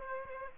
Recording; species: mosquito wingbeat signal from an infrared sensor; Aedes aegypti